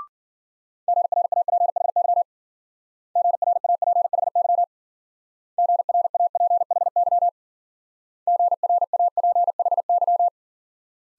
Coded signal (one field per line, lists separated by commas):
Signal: Morse code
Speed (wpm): 50 wpm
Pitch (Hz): 700 Hz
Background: none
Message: GRAPHY GRAPHY GRAPHY GRAPHY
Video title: Multi-letter Phonemes - Speed-Racing - 40wpm